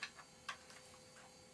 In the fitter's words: so you go ahead and insert it into the SD port until it clicks